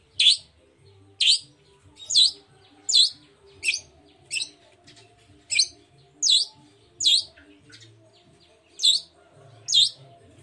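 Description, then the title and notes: Long-tailed shrike song: a run of sharp high notes with short gaps, and a longer pause near the end. Sung in the morning; the bird's varied 'toet toet' song is played as a lure to provoke other long-tailed shrikes into answering and singing along. "Cendet Gacor Dor Di Kala Pagi Toet Toet Variasi Suara. Pancingan Emosi Cendet Gacor Full Variasi Toet Toet Bikin Nyaut Cendet Lain Langsung Ikutan Bunyi. Burung cendet"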